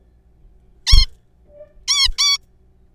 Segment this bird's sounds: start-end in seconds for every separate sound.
0.87-1.06, 1.88-2.08, 2.18-2.38